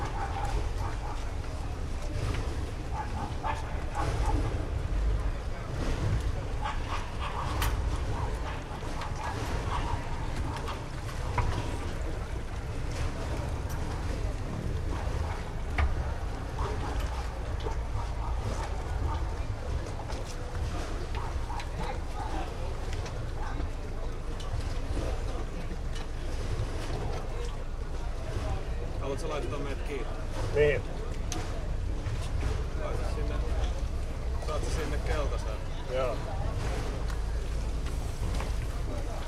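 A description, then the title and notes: Day trippers amble along the Nagu waterfront, steady overlapping chatter over a low continuous rumble, with occasional clinks and a brief dog sound. Late afternoon at Nagu Strandvagen. In Nagu, Finland, on a sunny Sunday afternoon looking out from the pier of the Archipelago Line route Turku–Själö–Nagu, day trippers with dogs and ice-creams, amble past others enjoying early suppers in the waterfront restaurants. On the water, all manner of motor launches, sail- and speedboats slide in and out of audible range. Recorded by Julian Weaver.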